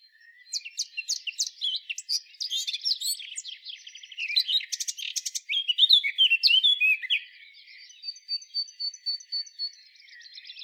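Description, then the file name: Eurasian blackcap warbling song, a fast jumble of chattering, twittering and scratchy notes, ending in a thin, high note repeated rapidly. "Sylvia atricapilla"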